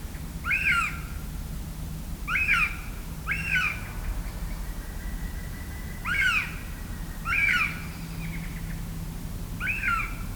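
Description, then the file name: Eurasian jay giving several harsh, rasping screeches spaced irregularly, each a short hoarse burst, over a low steady background hum. "Garrulus glandarius"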